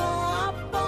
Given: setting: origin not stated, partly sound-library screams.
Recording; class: one-second piece from a danger detection set; normal situation